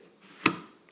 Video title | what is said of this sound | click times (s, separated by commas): White Hat Maxtuck vs N82 Tactical Professional Holster | you and slide up so it clicks if you hear this and you can hit click click | 0.5 s